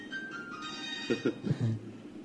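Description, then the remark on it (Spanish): A mobile phone ringtone plays a steady, high electronic melody of sustained tones, moderately loud, during a live radio interview, and a short burst of talking breaks in over it toward the end. “Estamos de móviles hoy, ¿eh?”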